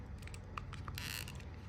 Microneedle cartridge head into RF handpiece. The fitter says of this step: you're going to feel a little click and then when it's on properly you will see it lit up red